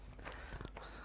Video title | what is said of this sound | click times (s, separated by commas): Prime Day Deals 2023 Live Stream Amazon Product Review Replay | like that so with all that clipped into place you can see it now looks | 0.8 s